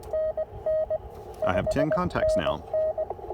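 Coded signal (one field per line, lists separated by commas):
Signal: Morse code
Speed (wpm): 17 wpm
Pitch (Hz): 590 Hz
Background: speech, radio noise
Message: NN 5NN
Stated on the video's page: Parks on the Air activation at the NC Transportation Museum using an IC-705 and a CHA MPAS Lite antenna.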